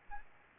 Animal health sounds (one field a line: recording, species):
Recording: mosquito wingbeat signal from an infrared sensor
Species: Aedes albopictus